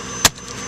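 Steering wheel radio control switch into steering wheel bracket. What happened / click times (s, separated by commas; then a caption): The plastic switch snapped into its bracket / 0.2 s. A replacement steering wheel radio control switch is worked back in through the back of the steering wheel until its plastic bracket snaps over. A single sharp snap sounds at 0.3 s against a steady low background. The switch seats in its bracket.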